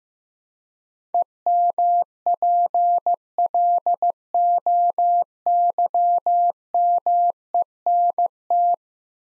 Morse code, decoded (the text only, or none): EMPLOYMENT